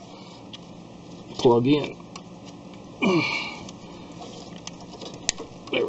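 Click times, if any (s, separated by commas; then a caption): 5.3 s. A wiring harness plug is pushed onto the alternator of a Ford Escape while the alternator rests on the axle bolts, and someone talks. Small ticks and handling noises lead to one sharp click at 5.3 s as the connector seats, and the connector was not broken.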